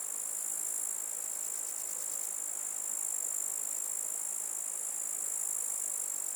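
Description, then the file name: Grasshopper sound: an unbroken, very high, hissing buzz held at an even level throughout, with a slight pulsing early on. "zvuki kuznechika"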